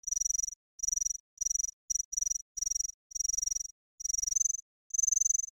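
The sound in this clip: Cicada buzzing in high, rattling bursts, repeated several times with short silent gaps between them.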